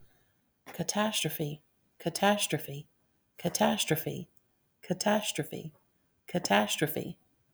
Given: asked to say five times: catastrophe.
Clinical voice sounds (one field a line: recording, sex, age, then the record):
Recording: repeated word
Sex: female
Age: 40 to 49 years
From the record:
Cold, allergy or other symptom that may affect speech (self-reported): no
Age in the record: 47 years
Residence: North Carolina, United States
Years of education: 15